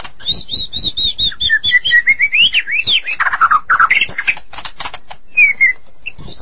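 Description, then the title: Magpie-robin or shama song opening with a quick series of repeated high whistled notes, then rolling into warbled, rising and falling phrases and scattered chips. "Suara Burung Murai"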